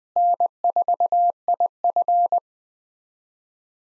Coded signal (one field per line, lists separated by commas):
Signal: Morse code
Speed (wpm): 21 wpm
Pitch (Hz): 700 Hz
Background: none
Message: N4IF